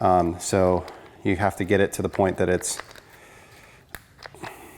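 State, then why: Seated. Someone talks, then works a proprietary forked wrench onto a polisher's backing plate or spindle until it locks into place with a sharp click at 3.9 s, followed by a few lighter ticks of handling.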